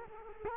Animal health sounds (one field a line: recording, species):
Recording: mosquito wingbeat signal from an infrared sensor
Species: Culex quinquefasciatus